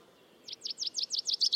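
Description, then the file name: Common chaffinch song opening: a short run of about seven high, evenly spaced chirping notes, growing louder, after a brief quiet start. "Fringilla coelebs"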